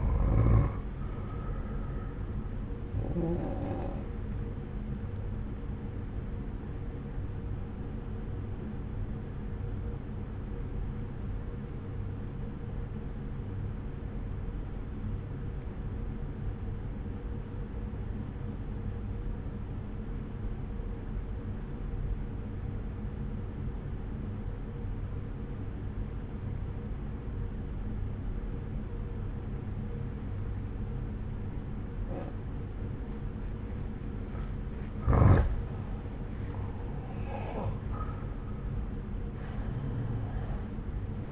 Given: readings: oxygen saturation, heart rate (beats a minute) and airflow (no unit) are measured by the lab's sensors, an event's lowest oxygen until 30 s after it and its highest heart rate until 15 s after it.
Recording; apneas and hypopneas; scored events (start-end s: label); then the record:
breathing in sleep by a smartphone at the bedside; 1
9.00-36.20 s: obstructive apnea (N2, oxygen 95% highest, then 89% lowest)
27.00-41.32 s: new sleep stage, N1 (lightest sleep)
From the record:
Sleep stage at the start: N2 (light sleep); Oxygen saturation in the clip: 88 to 95%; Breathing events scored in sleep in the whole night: 303 in 8.1 hours asleep